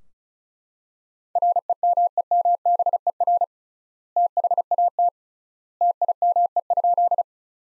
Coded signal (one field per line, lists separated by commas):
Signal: Morse code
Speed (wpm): 34 wpm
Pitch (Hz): 700 Hz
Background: none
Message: REMEMBER THAT TIME?